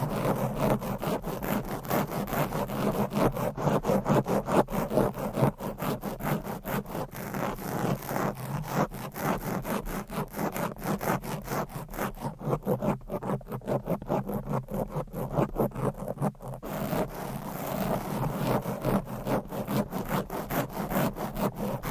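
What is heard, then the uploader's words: Fast, aggressive scratching of long nails across a microphone, a dense stream of rapid rasping strokes that barely pause for the full length. The strokes stay steady and busy, with the high, bright edge thinning briefly around 12 to 16 seconds before returning. Fast and Aggressive Mic Scratching - Brain Scratching with Long Nails. No Talking.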